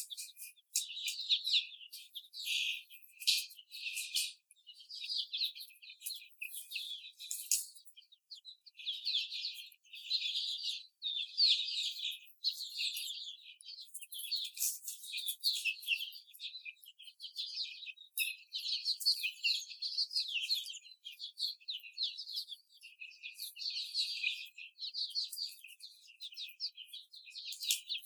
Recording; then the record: young laying hens in a cage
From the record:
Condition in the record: before the stressor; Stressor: simulated dog barking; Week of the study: 4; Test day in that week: 2